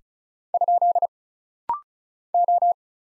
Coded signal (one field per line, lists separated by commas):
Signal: Morse code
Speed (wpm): 36 wpm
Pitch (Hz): 700 Hz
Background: none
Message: ? O